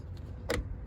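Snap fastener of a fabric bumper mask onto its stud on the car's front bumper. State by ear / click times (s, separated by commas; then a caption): seated / 0.5 s. A snap fastener on a fabric bumper mask is pressed onto its stud on the front bumper of a 2024 Camaro SS Panther Collectors Edition. Over a low, steady rumble, a sharp, bright snap at 0.5 s marks the third snap seating home, with fainter soft ticks around 0.2 s and 0.9 s.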